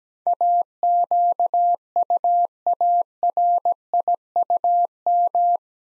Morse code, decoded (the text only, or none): AQUARIUM